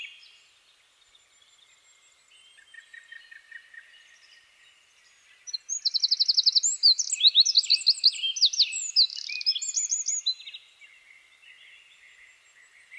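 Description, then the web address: Eurasian wren: quiet high chirping for several seconds, then a sudden loud song of about five seconds full of rapid trills and sharp notes, then quiet again. "SETE Troglodytes troglodytes"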